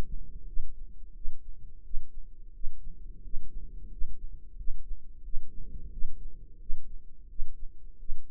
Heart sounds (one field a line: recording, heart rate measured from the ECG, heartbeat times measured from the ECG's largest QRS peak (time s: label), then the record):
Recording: heart sounds by microphone in the right ear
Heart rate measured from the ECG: 88 bpm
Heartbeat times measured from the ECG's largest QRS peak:
0.44 s: heartbeat
1.12 s: heartbeat
1.81 s: heartbeat
2.50 s: heartbeat
3.20 s: heartbeat
3.87 s: heartbeat
4.54 s: heartbeat
5.21 s: heartbeat
5.89 s: heartbeat
6.57 s: heartbeat
7.26 s: heartbeat
7.96 s: heartbeat
From the record:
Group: healthy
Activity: rest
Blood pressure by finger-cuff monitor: 119/82 mmHg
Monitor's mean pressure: 93 mmHg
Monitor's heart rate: 89 bpm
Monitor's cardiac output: 7.1 L/min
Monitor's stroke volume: 80 mL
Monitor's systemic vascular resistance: 950 dyn s/cm5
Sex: male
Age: 33 years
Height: 179 cm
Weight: 80.4 kg